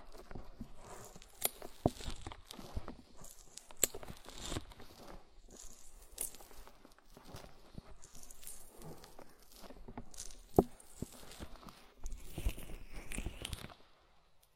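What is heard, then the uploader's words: Body oil massage: hands rub and squish over skin in a steady stream of soft, wet, irregular sounds with small clicks and smacks. Sharper slaps stand out near 1.5, 4, 10.5 and 12.5 seconds, and a faint low rumble sits underneath. Body oil massage and bubble bath.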